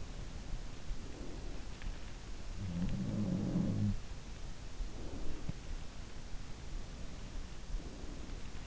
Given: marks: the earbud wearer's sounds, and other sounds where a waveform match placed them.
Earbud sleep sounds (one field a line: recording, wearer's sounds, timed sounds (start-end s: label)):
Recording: sounds in sleep by an in-ear microphone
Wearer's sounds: breath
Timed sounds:
0.59-1.98 s: breath
2.56-4.02 s: sound from someone else or the room
4.46-5.93 s: breath
6.51-8.67 s: sound from someone else or the room
7.15-8.67 s: breath